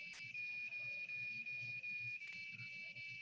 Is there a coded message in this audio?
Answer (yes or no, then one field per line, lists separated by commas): no